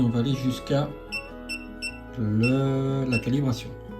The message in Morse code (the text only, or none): none